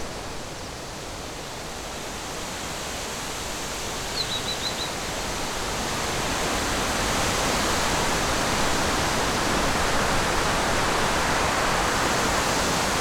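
A waterfall roars in a dense, steady rush that swells slightly louder after six seconds, with a faint bird chirp near four seconds.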